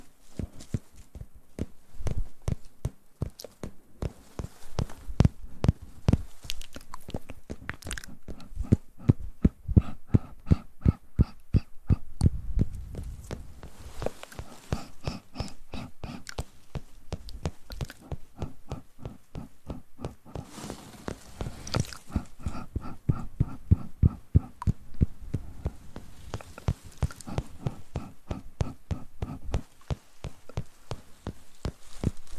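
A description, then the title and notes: Mouth sounds packed with quick, dense clicks and crunchy snaps, biting-like, steady throughout with brief softer pauses and occasional louder bursts. ASMR Mouth Sounds & Ear Play.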